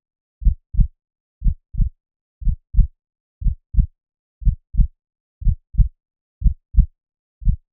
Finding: Heartbeat 60bpm.